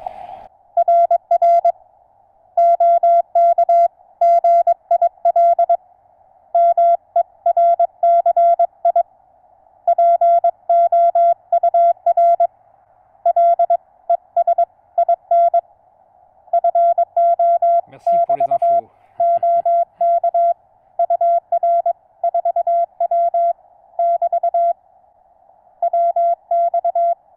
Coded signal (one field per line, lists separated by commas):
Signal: Morse code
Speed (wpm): 22 wpm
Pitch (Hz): 690 Hz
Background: none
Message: RR OK GIL MERCI POUR LES INFO <BT> OK UR 4W <BT> WX